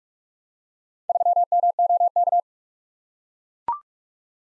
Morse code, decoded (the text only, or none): 3MOK